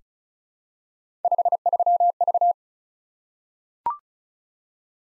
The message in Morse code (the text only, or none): 53V